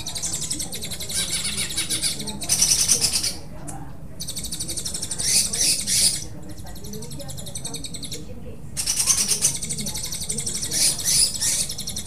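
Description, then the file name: Greater green leafbird: bird song of harsh buzzy rattles and chattering bursts, some lasting over a second, alternating with quieter scratchy phrases; low background hum. Cucak hijau song with "tembakan" and parakeet-style "besetan" phrases; Indonesian bird-training recording. "cucak hijau dengan tembakan dan besetan parkit"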